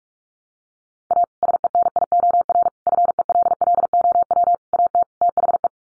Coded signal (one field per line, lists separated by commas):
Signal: Morse code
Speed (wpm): 44 wpm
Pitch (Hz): 700 Hz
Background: none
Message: A SENIOR FELLOW AT THE